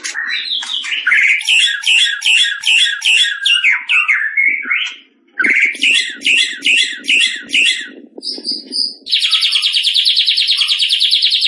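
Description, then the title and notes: White-rumped shama song: loud repeated chattering phrases with sharp downward slurs, a short pause, more chatter, then a steady, fast buzzy trill. Described as singing actively (gacor); said to be used by champion birds. "Masteran Murai Yang Di Pakai Semua Burung Juara - Masteran murai Khusus Burung Juara. Murai Batu Gacor"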